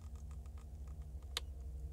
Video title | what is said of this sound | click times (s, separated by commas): PA28 F-HBCH amphicabine | voilà le petit clic elle revient un peu en arrière et elle se bloque dans | 1.4 s